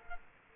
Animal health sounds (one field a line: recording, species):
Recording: mosquito wingbeat signal from an infrared sensor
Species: Culex quinquefasciatus